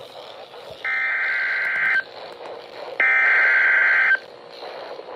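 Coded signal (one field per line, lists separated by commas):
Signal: Emergency Alert System (SAME) tones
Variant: header bursts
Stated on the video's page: Real Flash Flood Warning from the State College (CTP) National Weather Service office, recorded by someone else.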